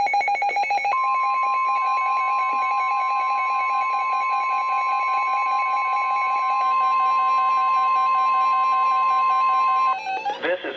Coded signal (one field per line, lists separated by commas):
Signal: Emergency Alert System (SAME) tones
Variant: 1050 Hz attention tone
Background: speech, music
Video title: EAS #1005: Winter Storm Warning on KHB36 & WXM42